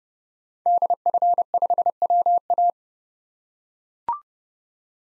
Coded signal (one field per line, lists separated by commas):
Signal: Morse code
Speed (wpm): 31 wpm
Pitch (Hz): 700 Hz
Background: none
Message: DF5WA